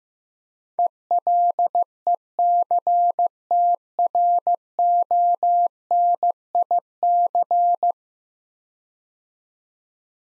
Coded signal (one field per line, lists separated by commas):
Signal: Morse code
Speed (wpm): 15 wpm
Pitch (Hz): 700 Hz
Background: none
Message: ELECTRONIC